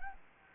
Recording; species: mosquito wingbeat signal from an infrared sensor; Anopheles gambiae